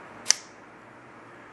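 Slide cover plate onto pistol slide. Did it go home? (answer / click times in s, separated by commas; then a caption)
yes / 0.3 s. A polymer slide cover plate is slid over the captured nub on the back of a pistol slide during a Glock striker blocker safety install. It gives a single sharp, loud click at 0.3 s, which shows the plate has seated in place. Before and after the click there is only low, steady background noise.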